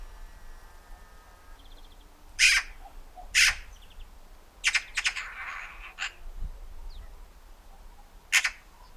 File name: Pica pica